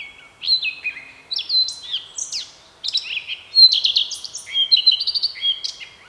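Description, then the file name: Eurasian blackcap song: mixed scratchy and clear whistled notes building into louder fluty phrases with quick trills, delivered almost without pause. "Sylvia atricapilla"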